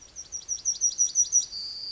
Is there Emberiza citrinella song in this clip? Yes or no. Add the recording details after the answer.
yes. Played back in forest. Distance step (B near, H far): D. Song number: 149